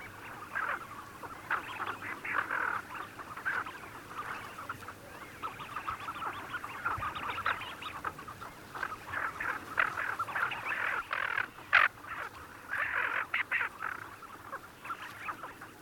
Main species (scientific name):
Aythya fuligula